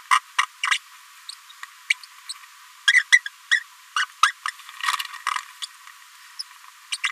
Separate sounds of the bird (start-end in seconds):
0.11-0.19, 0.38-0.43, 0.71-0.78, 1.90-1.94, 2.88-3.03, 3.12-3.20, 3.26-3.29, 3.51-3.60, 3.96-4.05, 4.23-4.32, 4.48-4.51, 5.62-5.66, 6.39-6.42, 6.92-6.97, 7.03-7.09